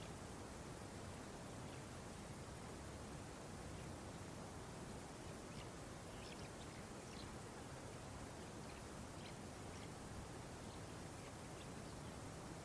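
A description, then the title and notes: An open outdoor nature scene with a steady, dense hiss of wind or rushing water that never changes in level. From about the middle onward, faint, high chirps, likely birds, flicker in and out above the constant wash. Relaxing Meadow and Mountain with Ambient Nature Sounds.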